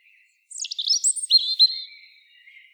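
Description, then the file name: European robin singing a single short phrase of high, tumbling notes and quick trills that falls away into a fading thin whistle. "Erithacus rubecula"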